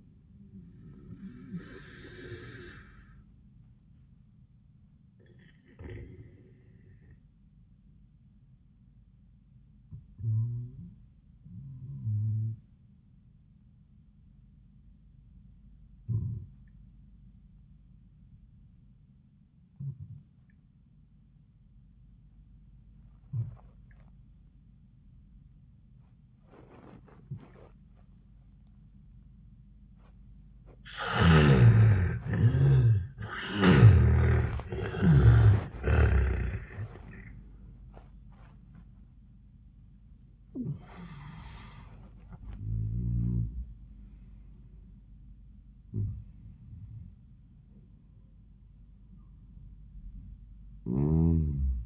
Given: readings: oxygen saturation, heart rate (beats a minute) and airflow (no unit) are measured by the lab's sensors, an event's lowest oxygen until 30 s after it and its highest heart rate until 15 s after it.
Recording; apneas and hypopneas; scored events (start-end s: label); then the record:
breathing in sleep by a smartphone at the bedside; 1
3.00-32.30 s: hypopnea (N1, oxygen 95% highest, then 73% lowest, heart rate 76 at the start, 99 highest)
26.00-51.86 s: new sleep stage, awake
31.00-51.86 s: awake
From the record:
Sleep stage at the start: N1 (lightest sleep); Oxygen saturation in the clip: 75 to 95%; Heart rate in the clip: 68 to 100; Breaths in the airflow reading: 7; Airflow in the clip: -27.2 to 22.0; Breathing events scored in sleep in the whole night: 400 in 8.7 hours asleep